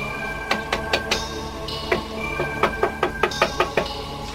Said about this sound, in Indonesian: kau ketuklah pintu itu. Baik, Kakang.